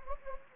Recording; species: mosquito wingbeat signal from an infrared sensor; Anopheles gambiae